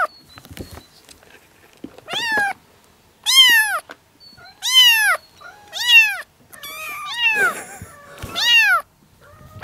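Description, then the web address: Domestic cat: kitten meows, loud arched mews at irregular intervals, each rising then falling, with a few softer cries. "kitten Kittens meowing"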